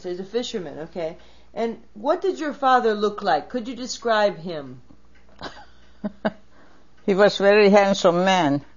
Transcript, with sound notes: So he's a fisherman okay, what did your father look like? Can you describe him?
(laughs) He was very handsome man.